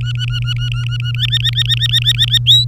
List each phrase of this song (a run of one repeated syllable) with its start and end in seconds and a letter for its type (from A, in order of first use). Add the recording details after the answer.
0.01-1.12 A, 1.15-2.38 B, 2.46-2.64 C. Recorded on 3 May 2018 at 11:03. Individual llb3